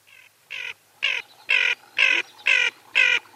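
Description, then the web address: Ferruginous duck calling in grating, buzzy notes, seven short harsh bursts spaced about half a second apart, growing louder after the first. "Uzbek hayvonlar. Aythya nyroca"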